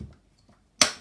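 A rear wheel is pushed onto its axle on a Bugaboo Ant stroller. After faint low handling rumbles, a single loud, sharp click at 0.8 s rings out and fades quickly as the wheel locks into place. The wheel is seated.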